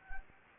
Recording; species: mosquito wingbeat signal from an infrared sensor; Anopheles gambiae